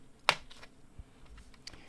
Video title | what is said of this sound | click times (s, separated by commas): PCI-E Lock Halter Reparieren GPU Grafikkarte #computer #pc #pcbuild | We press until it clicks. | 0.3 s